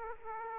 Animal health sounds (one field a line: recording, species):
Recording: mosquito wingbeat signal from an infrared sensor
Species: Aedes aegypti